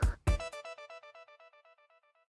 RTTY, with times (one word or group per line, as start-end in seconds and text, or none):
none